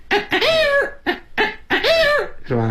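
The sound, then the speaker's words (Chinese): A man performing Chinese kouji vocal mimicry imitates an old hen using rooster calls: a loud run of about six squawking calls, short choppy clucks alternating with longer rising-and-falling crowing notes, ending in a low, buzzy tone. “你比如说老母鸡。是吧，它这种声音。用那个雄鸡的声音。”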